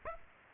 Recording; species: mosquito wingbeat signal from an infrared sensor; Aedes aegypti